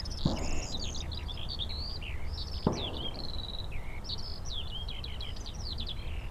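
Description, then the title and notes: Eurasian skylark pours out a rapid, twittering high song, punctuated by two sharp bangs, over low rumbling noise. Several skylarks singing in fields beside St. Isidore's wayside shrine, Sosna Góra, Siemianowice Śląskie, Poland, Saturday 18 May 2019; shooting range in background; Zoom H5, Audio-Technica BP4025. "Unnamed Road, Siemianowice Śląskie, Polska - skowronek przy kapliczce św. Izydora. Sobota, 18 maja 2019. Wśród pól znajduje się kapliczka świętego Izydora na Sosnej Górze. W polu śpiewają skowronki i brzęczą owady. W tle słychać strzelnicę. Nagrania terenowe Siemianowic Śląskich - Dźwiękowy Portret Miasta"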